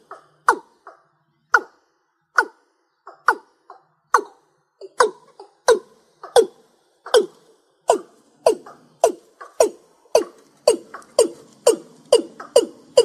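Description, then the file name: Rail calling with abrupt, clipped, falling notes, slow at first and then quickening into a steady rhythmic series. "Tieng ga nuoc keu"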